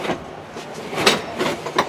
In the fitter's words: so when you want to lay it down you just pull it forward until you hear it click